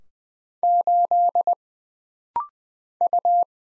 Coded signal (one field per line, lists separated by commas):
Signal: Morse code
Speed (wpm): 20 wpm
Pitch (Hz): 700 Hz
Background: none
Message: 8 U